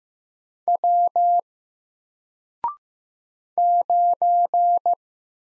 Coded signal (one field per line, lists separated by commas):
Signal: Morse code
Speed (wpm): 15 wpm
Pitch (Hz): 700 Hz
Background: none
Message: W 9